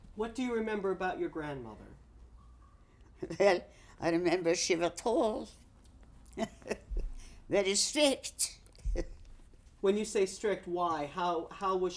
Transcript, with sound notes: What do you remember about your grandmother?
Well, I remember she were tall. ( she laughs ) Very strict.
When you say strict, why? How was she strict?